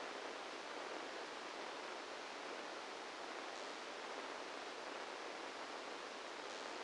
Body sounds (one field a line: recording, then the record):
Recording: brain microelectrode recording played as sound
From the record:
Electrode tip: outside the subthalamic nucleus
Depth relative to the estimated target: -10 mm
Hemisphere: right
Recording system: NeuroSet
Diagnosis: Parkinson's disease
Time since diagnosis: 8 years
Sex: male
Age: 58 years